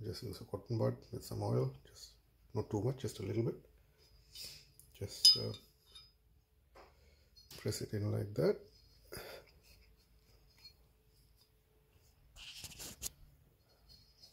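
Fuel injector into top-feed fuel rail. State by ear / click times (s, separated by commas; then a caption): not seated / none. Someone talks while a fuel injector, its O-ring lightly oiled with a cotton bud, is pressed by hand into the socket of a top-feed fuel rail on an EJ25 conversion. Brief light knocks and handling sounds come between the speech. The injector has not seated or popped in yet.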